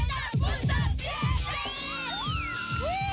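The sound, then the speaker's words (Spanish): A group of girls from Hermosillo and Guadalajara shouts and cheers together in a loud, excited burst in a shouting contest on the 90.7 radio station, May 1992, high-pitched voices overlapping in rising and falling yells over a steady crowd din. “ustedes que son de Hermosillo y tú también de Guadalajara, las invito a gritar”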